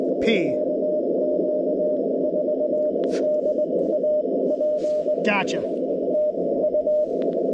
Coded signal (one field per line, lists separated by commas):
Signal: Morse code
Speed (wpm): 20 wpm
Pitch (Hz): 600 Hz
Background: speech, radio noise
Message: KQ4DAP TU